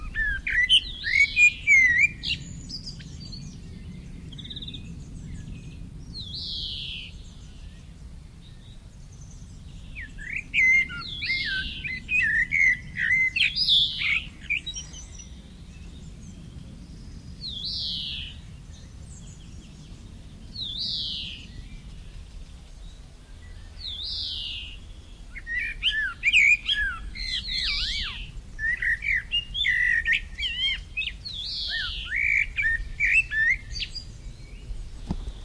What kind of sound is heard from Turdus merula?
song